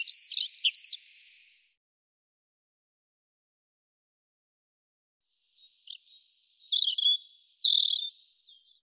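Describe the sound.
European robin song with a short jumbled high burst, a pause of several seconds, then a longer phrase of thin whistles and fast twittering trills.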